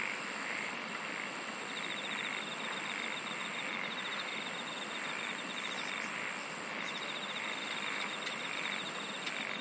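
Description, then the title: Insects chirring steadily, fast pulsed trains repeating in bursts above a thick, unbroken shimmer of chorus sound. "SINGING OF INSECTS"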